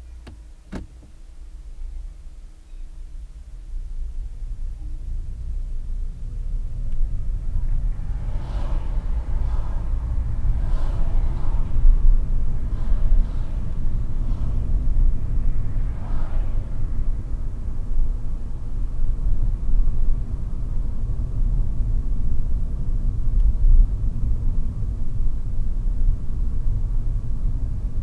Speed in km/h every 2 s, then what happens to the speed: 0, 7, 19, 23, 29, 36, 37, 35, 35, 35, 34, 34, 34, 34.
1-10 pulls away to 36. 10-28 steady at about 35.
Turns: none.